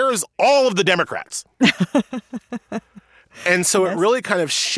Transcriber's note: laughter